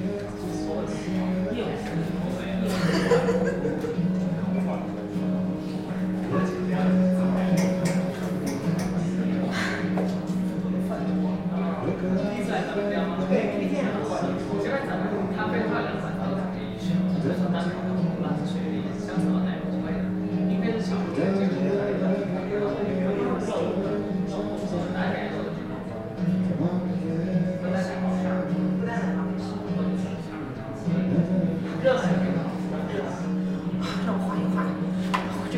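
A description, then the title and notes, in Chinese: Sitting in a café: a steady murmur of overlapping voices fills the whole stretch, with a low constant hum underneath. Occasional brief clinks and sharper sounds pop out every few seconds, and a man's voice and a chuckle surface now and then. 坐在咖啡馆有点开心｜城市声音。北京地坛旁边 没有特地录说话声。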